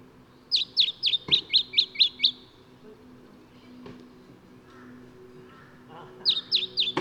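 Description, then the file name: Lemon-bellied flyrobin giving a quick run of several high, sharp downslurred notes, then a short second series near the end, over faint low humming and clicks. "Microeca Flavigaster"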